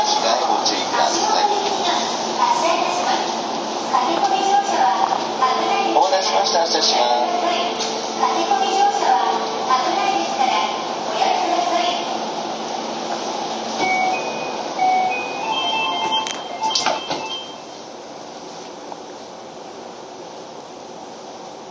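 A ride on a Keio 5000 series train: a dense, steady rush of running noise with faint murmuring like voices over it. Steady tones hum underneath, a higher whine climbs briefly around 14–17 seconds, and then the sound drops to a quieter, even hiss.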